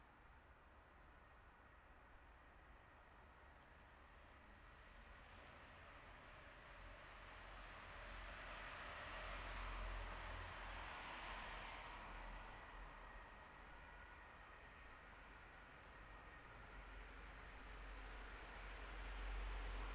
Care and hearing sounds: everyday scene through a hearing-aid microphone; in traffic; traffic, siren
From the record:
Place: bus stop on a city main road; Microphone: behind the ear, left, front

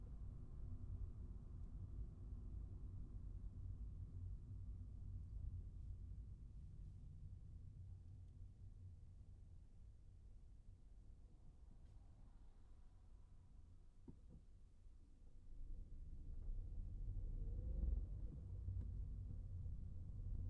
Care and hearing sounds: everyday scene through a hearing-aid microphone; in a vehicle; engine, traffic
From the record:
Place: Skoda Fabia, gasoline engine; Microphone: behind the ear, right, front

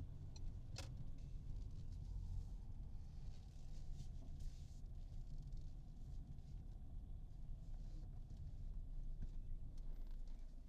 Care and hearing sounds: everyday scene through a hearing-aid microphone; in a vehicle; engine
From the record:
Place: Berlingo II, diesel engine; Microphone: in the ear canal, right

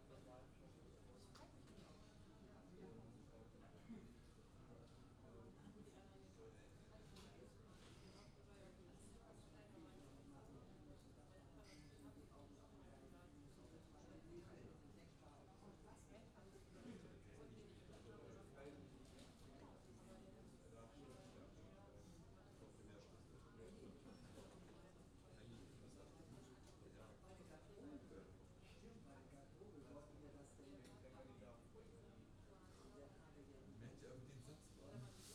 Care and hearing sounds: everyday scene through a hearing-aid microphone; many people talking; many voices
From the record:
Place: university cafeteria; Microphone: in the ear canal, left

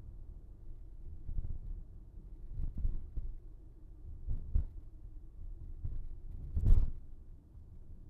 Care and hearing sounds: everyday scene through a hearing-aid microphone; in a vehicle; engine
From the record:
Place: VW T5 Caravelle, diesel engine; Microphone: behind the ear, right, rear

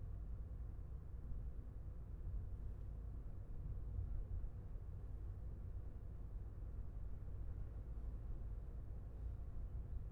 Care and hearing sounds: everyday scene through a hearing-aid microphone; in a vehicle; engine, traffic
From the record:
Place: Skoda Fabia, gasoline engine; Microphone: behind the ear, left, rear

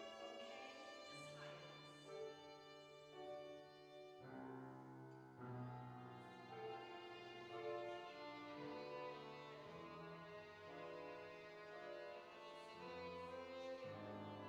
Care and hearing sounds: everyday scene through a hearing-aid microphone; reverberant space; music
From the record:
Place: church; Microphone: in the ear canal, right

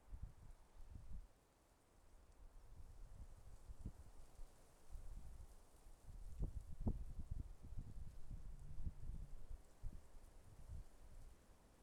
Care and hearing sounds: everyday scene through a hearing-aid microphone; wind on the microphone; wind, traffic, birds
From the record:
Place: suburban garden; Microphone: behind the ear, left, rear

